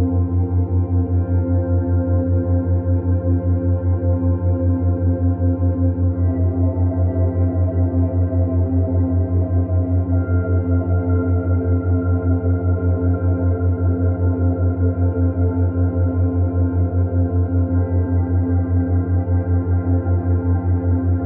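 A soft, sustained drone of binaural-beat tones, low and warm, with a slow, even pulsing throughout. Layered bell-like tones shimmer above it, shifting slightly after about six seconds and again near twelve, while the overall sound stays steady and unbroken.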